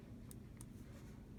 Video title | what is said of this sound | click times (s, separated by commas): Everything About the Camera | we put it in and you should hear a click click | 0.3 s, 0.6 s